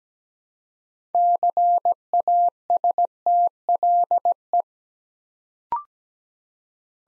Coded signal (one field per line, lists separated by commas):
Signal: Morse code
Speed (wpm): 17 wpm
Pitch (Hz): 700 Hz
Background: none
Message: CASTLE